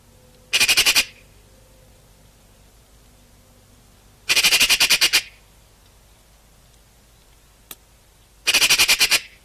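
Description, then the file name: Eurasian magpie chattering: three harsh, rattling bursts of rapid clicks, each under a second long, repeated about every four seconds. "Pica pica"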